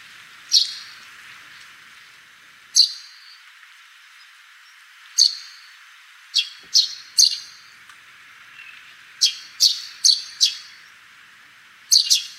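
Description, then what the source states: Eurasian tree sparrow giving sharp chirps, single and widely spaced at first, then coming faster in clusters toward the end. Recorded on Kamishima island, Mie Prefecture, Japan.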